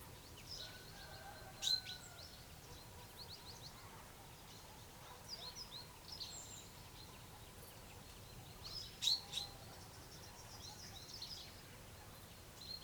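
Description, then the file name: Common chaffinch short, sharp high calls, a couple spaced several seconds apart, set against a busy background of faint bird twitters and a low hum. "Fringilla coelebs"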